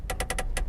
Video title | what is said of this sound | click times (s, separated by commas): Belajar Nyetir Mobil mulai dari NOL Part 1 | nari kayak gimana nariknya bisa langsung tarik dia akan bunyi kletek deh dengerin ya Nah | 0.1 s, 0.2 s, 0.3 s, 0.4 s, 0.6 s